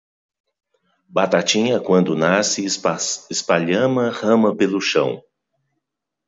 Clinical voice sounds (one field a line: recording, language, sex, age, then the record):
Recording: short text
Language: Brazilian Portuguese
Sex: male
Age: 50 to 59 years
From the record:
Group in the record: control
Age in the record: 55 years